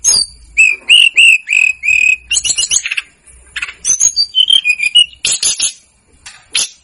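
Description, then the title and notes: Snowy-browed flycatcher song opening with a string of short repeated whistled notes, then quick twittering and a few wavering whistles. Masteran recording made for training cage birds; local Indonesian names tledekan gunung and sikatan gunung. "Masteran Tledekan Gunung Sikatan Gunung. BURUNG TLEDEKAN"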